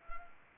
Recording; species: mosquito wingbeat signal from an infrared sensor; Anopheles arabiensis